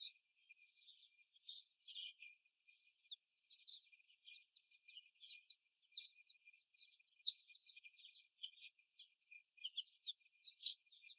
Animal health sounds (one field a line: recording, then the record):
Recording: young laying hens in a cage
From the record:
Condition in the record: after the stressor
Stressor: simulated dog barking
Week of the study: 1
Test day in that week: 1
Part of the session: 1